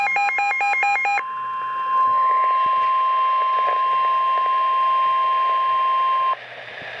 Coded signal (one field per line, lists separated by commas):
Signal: Emergency Alert System (SAME) tones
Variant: 1050 Hz attention tone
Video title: REAL EAS 801-Severe thunderstorm warning